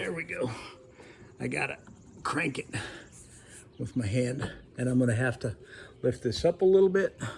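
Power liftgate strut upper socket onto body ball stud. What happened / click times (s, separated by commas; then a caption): The strut socket is being handled but has not yet snapped onto the ball stud / none. Someone talks while replacing the power liftgate struts on a 2019 Hyundai Tucson, lifting the upper socket end of a strut toward the metal ball stud on the body with the spring clip left in place. Only speech and faint handling are heard, and the socket has not yet clicked or seated onto the stud by the end.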